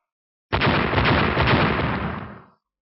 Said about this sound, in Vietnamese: Ba tiếng nổ lớn vang lên, ba đạo kiếm ảnh vừa thô vừa to gấp mấy lần lúc trước lao đến, phần lớn đao ảnh lập tức tan biến.